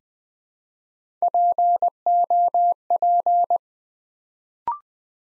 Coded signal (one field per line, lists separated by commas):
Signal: Morse code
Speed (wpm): 20 wpm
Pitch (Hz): 700 Hz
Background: none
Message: POP